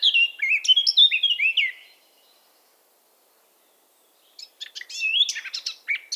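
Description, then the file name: Eurasian blackcap warbling in two lively, varied phrases of chirps and slurred whistles, separated by a quiet gap of about two and a half seconds. "Sylvia atricapilla"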